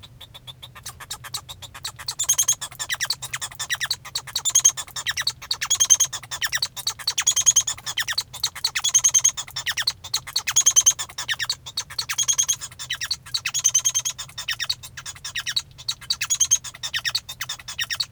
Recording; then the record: song of a male Bengalese finch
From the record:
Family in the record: son of father 1